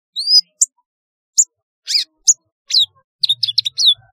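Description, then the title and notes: Sunbird chirps: sharp, high-pitched squeaks spaced irregularly, ending in a quick cluster of twittering notes. "Kicau Burung Kolibri"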